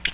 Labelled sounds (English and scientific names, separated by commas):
Ovenbird (Seiurus aurocapilla) flight call